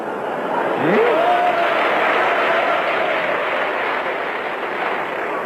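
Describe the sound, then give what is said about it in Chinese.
An audience at a xiangsheng (crosstalk comedy) performance applauds in a dense, steady wash of clapping that lasts the whole stretch without fading, while a voice rises briefly over it near the start. “同志们这一鼓掌就是寒碜你呢。”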